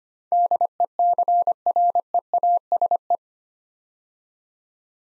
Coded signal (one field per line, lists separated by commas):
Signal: Morse code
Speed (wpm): 25 wpm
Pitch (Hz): 700 Hz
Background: none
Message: DECREASE